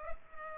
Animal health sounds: mosquito wingbeat signal from an infrared sensor; Culex pipiens

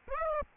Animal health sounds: mosquito wingbeat signal from an infrared sensor; Aedes aegypti

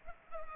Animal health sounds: mosquito wingbeat signal from an infrared sensor; Culex pipiens

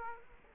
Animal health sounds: mosquito wingbeat signal from an infrared sensor; Culex quinquefasciatus

